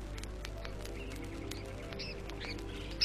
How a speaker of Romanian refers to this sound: Ca mama, numai ea știe cânta așa. E o pasăre. Și păsările cântă.